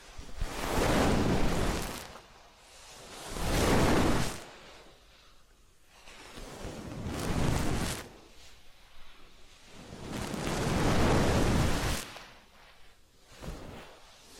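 Rubbing and brushing sounds from a massage and ear cleaning come in soft, airy swells, each lasting one to two seconds with brief quieter gaps between. The strokes repeat roughly every three seconds, full and hissy from low to bright, with faint rustling in the pauses.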